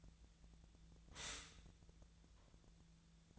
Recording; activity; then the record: daily activity, microphone in the room; stop toaster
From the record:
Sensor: 3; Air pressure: 1009.3 hPa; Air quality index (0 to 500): 198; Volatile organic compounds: 17 ppm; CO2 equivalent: 2566 ppm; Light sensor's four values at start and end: 32/80/34/36 and 32/80/34/36